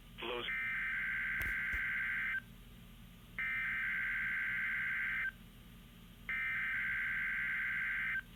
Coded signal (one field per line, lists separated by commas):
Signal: Emergency Alert System (SAME) tones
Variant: header bursts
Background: speech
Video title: EAS NOAA Required Weekly Test 7/21/21 EAS#83